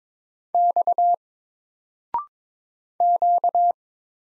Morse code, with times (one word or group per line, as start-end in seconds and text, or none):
0.5-1.2 X
3.0-3.7 Q